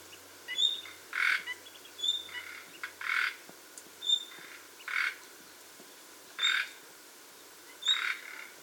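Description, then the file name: Common nightingale calls: short thin high whistles alternating with brief harsh rasping bursts, repeated irregularly over steady low background hiss. "Luscinia megarhynchos"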